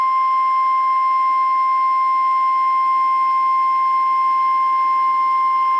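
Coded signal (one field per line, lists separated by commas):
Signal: Emergency Alert System (SAME) tones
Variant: 1050 Hz attention tone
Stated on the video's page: Fictional EAS scenario containing valid EAS tones.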